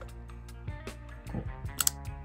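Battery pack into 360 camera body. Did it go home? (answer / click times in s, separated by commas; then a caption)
yes / 1.8 s, 1.9 s. A battery pack is pushed into the body of an Insta360 X3 360 camera until it latches. Music plays throughout, with soft handling and sliding sounds before two sharp clicks at 1.8 and 1.9 seconds. The battery clicks home and is seated.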